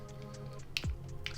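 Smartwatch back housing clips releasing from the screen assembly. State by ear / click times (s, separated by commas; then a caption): released / 0.8 s, 1.3 s. A small flat-head screwdriver pries the plastic back housing off the screen assembly of a Samsung Gear Sport SM-R600 smartwatch during a screen replacement, with music playing underneath. Two sharp clicks ring out at 0.8 s and 1.3 s as the housing clips pop out and release.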